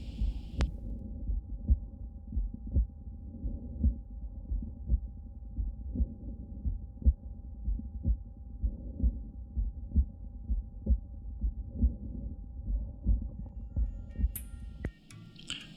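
Low, steady adult heart sounds at about 56 beats a minute, with a faint constant hum and brief handling noise at the end. This is paradoxical splitting of the second heart sound in left bundle branch block, where aortic closure is delayed past pulmonary closure; the block can be intermittent.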